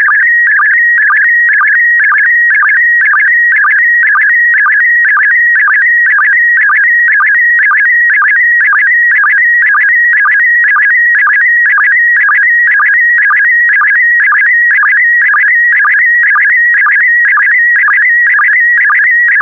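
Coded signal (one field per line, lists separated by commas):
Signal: SSTV (slow-scan television)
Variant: PD120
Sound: warbling electronic tone around 1.9 kHz with a short low blip every half second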